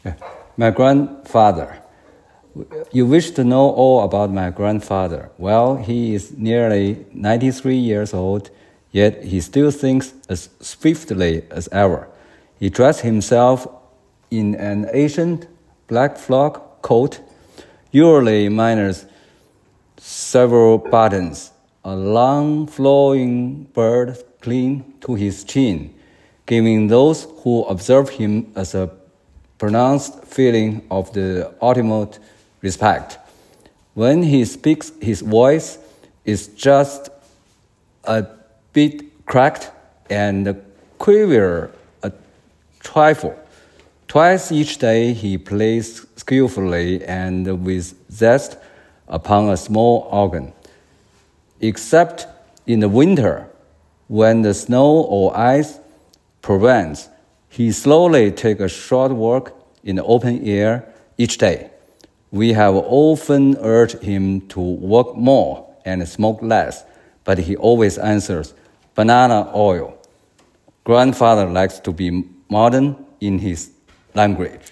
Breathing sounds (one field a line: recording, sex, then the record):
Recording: reading aloud after running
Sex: male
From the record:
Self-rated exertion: moderate exertion (3 of 6)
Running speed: 7 miles an hour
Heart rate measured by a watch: 128 beats a minute at the start, 119 at the end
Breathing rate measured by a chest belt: 13 breaths a minute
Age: 57 years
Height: 170 cm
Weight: 58 kg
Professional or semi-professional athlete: no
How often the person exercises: 3 to 5 times a week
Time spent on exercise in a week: 4 to 5 hours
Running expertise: no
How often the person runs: 3 to 5 times a week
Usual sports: running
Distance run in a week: 50 km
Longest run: 50 km